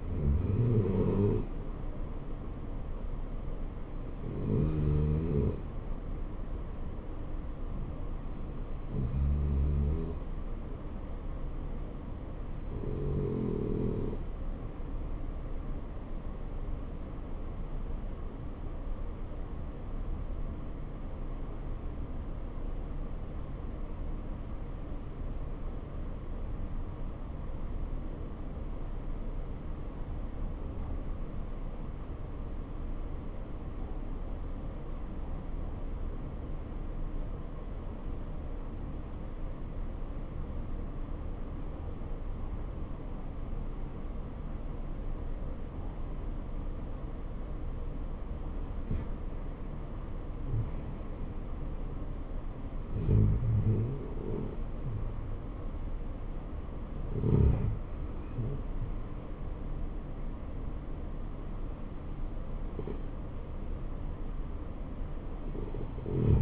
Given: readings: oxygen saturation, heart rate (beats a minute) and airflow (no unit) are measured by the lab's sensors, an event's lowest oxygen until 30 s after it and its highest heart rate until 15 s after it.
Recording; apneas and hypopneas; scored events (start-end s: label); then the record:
breathing in sleep by a smartphone at the bedside; 1
14.00-48.30 s: hypopnea (N2, oxygen 94% highest, then 81% lowest, heart rate 74 at the start, 74 highest)
From the record:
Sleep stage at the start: N2 (light sleep); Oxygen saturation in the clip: 78 to 94%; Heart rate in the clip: 61 to 74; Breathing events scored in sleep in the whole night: 277 in 7.4 hours asleep